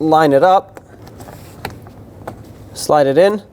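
An electrical connector is lined up and slid toward the liftgate harness plug on a 2013-2019 Ford Escape during a left liftgate strut replacement. Someone talks at the start and end, with light handling ticks and rustles in between. Nothing has seated or clicked yet.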